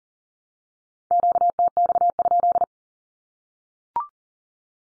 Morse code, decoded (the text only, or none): QTX?